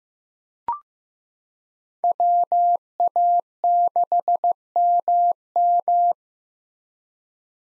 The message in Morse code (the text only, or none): WA6MM